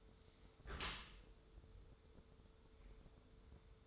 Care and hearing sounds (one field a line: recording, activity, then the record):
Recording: daily activity, microphone in the room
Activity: close dishwasher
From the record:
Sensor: 3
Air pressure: 1014.9 hPa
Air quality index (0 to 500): 34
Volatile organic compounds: 1 ppm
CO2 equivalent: 555 ppm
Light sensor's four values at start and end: 11/26/11/11 and 11/26/11/11